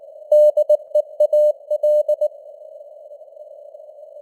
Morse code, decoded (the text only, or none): DEAL